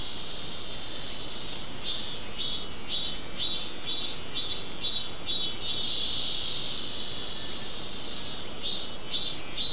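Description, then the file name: Insect chirping: a row of high pulses roughly every half second in the middle, a pause, then three more pulses, over a steady high background hiss. "mainly insect"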